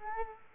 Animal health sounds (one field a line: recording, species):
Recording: mosquito wingbeat signal from an infrared sensor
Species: Culex quinquefasciatus